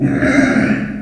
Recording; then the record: squeal of a Yucatan mini pig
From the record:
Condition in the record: after surgery on the right vocal fold (resection and tissue-engineered implant); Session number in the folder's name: 3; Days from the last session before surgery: 21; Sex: female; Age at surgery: 19 weeks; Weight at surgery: 25 kg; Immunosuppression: prednisolone